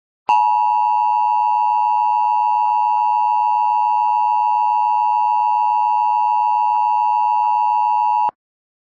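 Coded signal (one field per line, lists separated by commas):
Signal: Emergency Alert System (SAME) tones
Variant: 853 and 960 Hz attention tone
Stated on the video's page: Mock alert for a fictional winter storm, said to contain valid alert tones.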